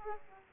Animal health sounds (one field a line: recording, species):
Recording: mosquito wingbeat signal from an infrared sensor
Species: Aedes aegypti